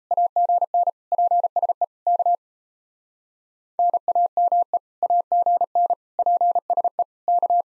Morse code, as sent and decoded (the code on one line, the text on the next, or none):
.- --. -. / .--. ... . / -.- / -. .- -- . / .- --. -. / .--. ... . / -.-
AGN PSE K NAME AGN PSE K